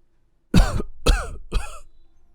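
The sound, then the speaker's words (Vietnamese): A man's dry coughing fit in which he coughs up blood: three harsh, rasping coughs in quick succession, each a sharp loud burst that trails off, the last slightly softer, with no talking. “Tiếp tục là những chàng ho khan bật máu.”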